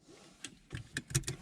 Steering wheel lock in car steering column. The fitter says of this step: jetzt ist aber immer noch nicht eingerastet.